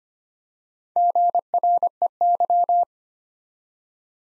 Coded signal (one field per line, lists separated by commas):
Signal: Morse code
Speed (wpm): 25 wpm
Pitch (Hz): 700 Hz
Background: none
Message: GREY